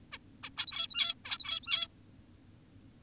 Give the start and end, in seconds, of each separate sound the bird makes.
0.12-0.18, 0.43-0.50, 0.57-1.15, 1.25-1.88